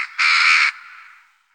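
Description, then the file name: Western jackdaw giving one loud, harsh, grating call of about half a second, followed by a fading raspy tail. "dohle"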